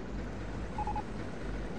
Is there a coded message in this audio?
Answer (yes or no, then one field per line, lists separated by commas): no